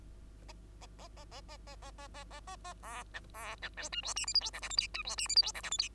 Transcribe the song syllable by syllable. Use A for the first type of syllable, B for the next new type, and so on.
A A A A A A A A A A A A A B C B C D E F G H I J K L M N E F G H I J K L M N